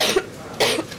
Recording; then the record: coughing mixed with background sound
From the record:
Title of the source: 61 morning phlegmy cough...again